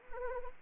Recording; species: mosquito wingbeat signal from an infrared sensor; Anopheles arabiensis